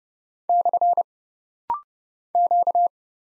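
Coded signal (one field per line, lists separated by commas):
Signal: Morse code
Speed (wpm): 30 wpm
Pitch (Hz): 700 Hz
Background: none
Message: / Q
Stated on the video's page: Rapid-fire Morse practice at 30 wpm of single letters, numbers, punctuation and prosigns, each sent, spoken, then sent again.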